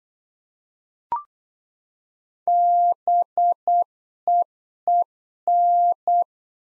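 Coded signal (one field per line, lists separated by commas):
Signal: Morse code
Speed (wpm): 8 wpm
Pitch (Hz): 700 Hz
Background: none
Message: BEEN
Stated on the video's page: Practice QSO lesson at 8 wpm, information segment (ham experience, age, occupation) sent in Morse for head-copy.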